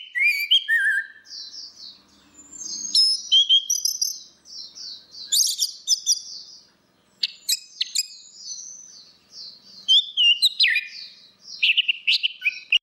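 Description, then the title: Orange-headed thrush song, a rich varied medley of high twittering, trilled and whistled notes with frequent changes in pattern and a few brief pauses. "Burung Anis Merah"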